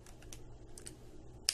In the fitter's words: pops right into place